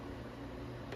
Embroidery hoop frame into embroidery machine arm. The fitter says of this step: into place until it locks